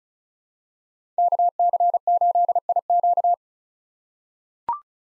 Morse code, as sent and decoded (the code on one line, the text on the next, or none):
-.- -.-. ---.. .. --.-
KC8IQ